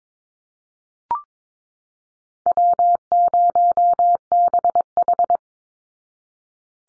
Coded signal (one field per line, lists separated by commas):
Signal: Morse code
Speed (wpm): 22 wpm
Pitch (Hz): 700 Hz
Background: none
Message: W0BH